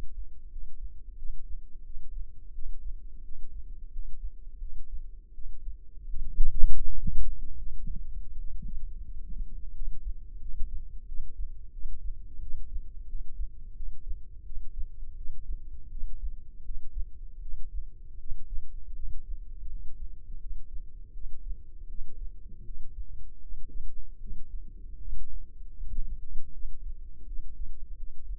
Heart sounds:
heart sounds by microphone in the left ear; 83 bpm
0.50 s: heartbeat
1.17 s: heartbeat
1.84 s: heartbeat
2.53 s: heartbeat
3.23 s: heartbeat
3.91 s: heartbeat
4.59 s: heartbeat
5.33 s: heartbeat
6.08 s: heartbeat
6.84 s: heartbeat
7.56 s: heartbeat
8.30 s: heartbeat
9.03 s: heartbeat
9.73 s: heartbeat
10.39 s: heartbeat
11.06 s: heartbeat
11.71 s: heartbeat
12.40 s: heartbeat
13.07 s: heartbeat
13.74 s: heartbeat
14.44 s: heartbeat
15.15 s: heartbeat
15.89 s: heartbeat
16.63 s: heartbeat
17.40 s: heartbeat
18.18 s: heartbeat
18.93 s: heartbeat
19.67 s: heartbeat
20.38 s: heartbeat
21.12 s: heartbeat
21.86 s: heartbeat
22.62 s: heartbeat
23.39 s: heartbeat
24.18 s: heartbeat
24.98 s: heartbeat
25.74 s: heartbeat
26.51 s: heartbeat
27.25 s: heartbeat
27.95 s: heartbeat
From the record:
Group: healthy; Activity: cold pressor test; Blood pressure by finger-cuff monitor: 81/59 mmHg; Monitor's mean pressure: 67 mmHg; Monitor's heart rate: 82 bpm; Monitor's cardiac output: 6.4 L/min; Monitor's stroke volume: 77 mL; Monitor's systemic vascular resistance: 740 dyn s/cm5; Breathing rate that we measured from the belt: 20 breaths a minute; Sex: female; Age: 19 years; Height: 163 cm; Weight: 48.9 kg

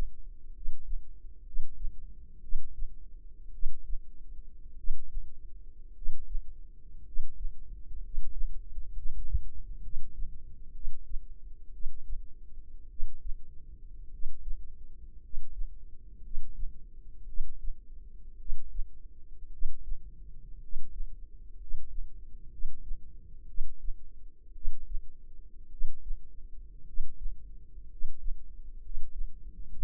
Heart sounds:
heart sounds by microphone in the left ear; 58 bpm
0.51 s: heartbeat
1.42 s: heartbeat
2.39 s: heartbeat
3.50 s: heartbeat
4.74 s: heartbeat
5.92 s: heartbeat
7.02 s: heartbeat
8.00 s: heartbeat
8.92 s: heartbeat
9.80 s: heartbeat
10.71 s: heartbeat
11.70 s: heartbeat
12.87 s: heartbeat
14.08 s: heartbeat
15.19 s: heartbeat
16.20 s: heartbeat
17.24 s: heartbeat
18.36 s: heartbeat
19.49 s: heartbeat
20.58 s: heartbeat
21.56 s: heartbeat
22.48 s: heartbeat
23.45 s: heartbeat
24.52 s: heartbeat
25.68 s: heartbeat
26.83 s: heartbeat
27.86 s: heartbeat
28.79 s: heartbeat
29.69 s: heartbeat
From the record:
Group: healthy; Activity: rest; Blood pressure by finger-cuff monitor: 111/60 mmHg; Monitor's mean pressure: 73 mmHg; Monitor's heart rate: 58 bpm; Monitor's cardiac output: 5.1 L/min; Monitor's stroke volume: 88 mL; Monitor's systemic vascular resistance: 1030 dyn s/cm5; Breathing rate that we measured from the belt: 9 breaths a minute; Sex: male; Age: 25 years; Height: 170 cm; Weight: 70.4 kg

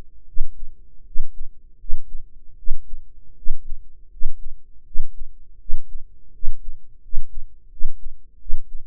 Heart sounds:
heart sounds by microphone in the right ear; 81 bpm
0.23 s: heartbeat
1.01 s: heartbeat
1.75 s: heartbeat
2.53 s: heartbeat
3.32 s: heartbeat
4.07 s: heartbeat
4.82 s: heartbeat
5.56 s: heartbeat
6.29 s: heartbeat
6.99 s: heartbeat
7.67 s: heartbeat
8.36 s: heartbeat
From the record:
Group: healthy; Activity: rest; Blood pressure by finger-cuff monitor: 111/87 mmHg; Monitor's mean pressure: 98 mmHg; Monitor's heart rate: 78 bpm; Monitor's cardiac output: 6.1 L/min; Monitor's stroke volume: 77 mL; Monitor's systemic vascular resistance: 1190 dyn s/cm5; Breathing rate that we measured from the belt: 21 breaths a minute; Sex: female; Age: 23 years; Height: 160 cm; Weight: 50.4 kg

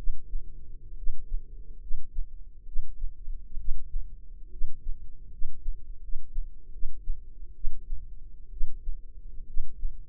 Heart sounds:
heart sounds by microphone in the left ear; 71 bpm
0.95 s: heartbeat
1.79 s: heartbeat
2.64 s: heartbeat
3.56 s: heartbeat
4.49 s: heartbeat
5.29 s: heartbeat
5.99 s: heartbeat
6.70 s: heartbeat
7.53 s: heartbeat
8.49 s: heartbeat
9.45 s: heartbeat
From the record:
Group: healthy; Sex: female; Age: 22 years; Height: 157 cm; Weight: 47.6 kg

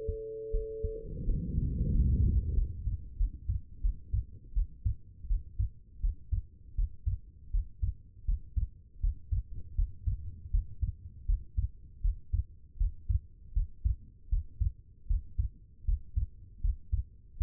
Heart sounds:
heart sounds by stethoscope; 82 bpm
0.52 s: heartbeat
1.25 s: heartbeat
1.91 s: heartbeat
2.54 s: heartbeat
3.17 s: heartbeat
3.81 s: heartbeat
4.53 s: heartbeat
5.27 s: heartbeat
6.00 s: heartbeat
6.75 s: heartbeat
7.51 s: heartbeat
8.25 s: heartbeat
9.00 s: heartbeat
9.75 s: heartbeat
10.51 s: heartbeat
11.26 s: heartbeat
12.01 s: heartbeat
12.77 s: heartbeat
13.53 s: heartbeat
14.29 s: heartbeat
15.07 s: heartbeat
15.85 s: heartbeat
16.61 s: heartbeat
17.37 s: heartbeat
From the record:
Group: healthy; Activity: rest 0-5 s, Valsalva maneuver 5-18 s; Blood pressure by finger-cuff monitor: 92/55 mmHg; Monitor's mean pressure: 68 mmHg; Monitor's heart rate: 80 bpm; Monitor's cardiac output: 7.4 L/min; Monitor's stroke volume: 90 mL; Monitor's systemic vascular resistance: 670 dyn s/cm5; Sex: female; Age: 22 years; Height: 161 cm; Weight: 65.5 kg

